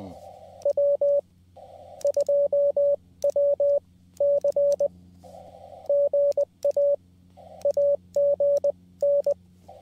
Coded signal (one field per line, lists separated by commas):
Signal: Morse code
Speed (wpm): 20 wpm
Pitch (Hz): 570 Hz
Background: radio noise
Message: W 2W C GA AGN